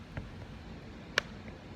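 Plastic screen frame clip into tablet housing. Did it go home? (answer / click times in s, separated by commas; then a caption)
yes / 1.2 s. Pressing along the edge of a new screen's plastic frame on a Samsung SM-T560NU tablet snaps another frame clip into the tablet housing with a sharp click at 1.2 s. Fainter ticks come at about 0.2 s and 1.5 s against a low background hum. The clip is seated.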